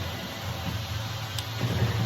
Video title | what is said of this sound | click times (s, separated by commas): 2023 Jeep Grand Cherokee oil change #carmaintenance #oilchange #automobile #dyi | I don't know if you can hear that | 1.4 s